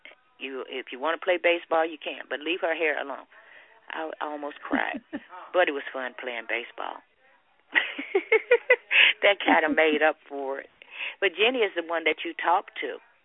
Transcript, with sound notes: If you want to play baseball, you can, but leave her hair alone." I almost cried, but it was fun playing baseball. [LAUGHTER] That made up for it. But Jenny is the one that you talked to,